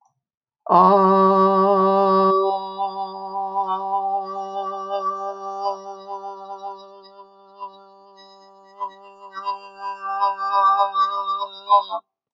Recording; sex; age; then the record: vowel held as long as possible; female; 50 to 59 years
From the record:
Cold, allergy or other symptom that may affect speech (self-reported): no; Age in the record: 57 years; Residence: California, United States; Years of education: 14